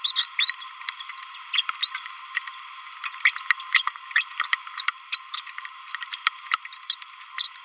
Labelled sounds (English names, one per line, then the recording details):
Green-rumped Parrotlet babbling
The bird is a male
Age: 27 days
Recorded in a nest box in Venezuela
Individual 17B31A2